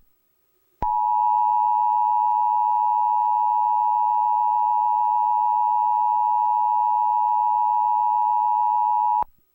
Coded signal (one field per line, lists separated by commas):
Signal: Emergency Alert System (SAME) tones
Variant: 853 and 960 Hz attention tone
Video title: [CRINGEPOST] the most perfect emergency alert system timing